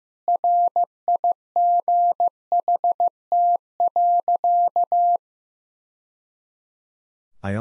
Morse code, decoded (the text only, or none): RIGHT.